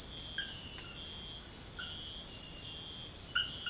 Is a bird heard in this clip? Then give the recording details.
no. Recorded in dense forest near Puerto Asís, Putumayo, Colombia, on 19 February 2024 at 03:30. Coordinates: 0.487, -76.319. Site G6403